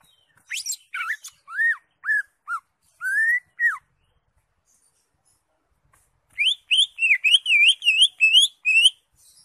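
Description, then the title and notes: Greater Green Leafbird song: varied chips and arched whistles, a pause, then a rapid series of looping whistled notes. Used as a training recording (masteran) for caged birds. "Suara Burung Cucak Ijo. mantap buat masteran burung cak ijo"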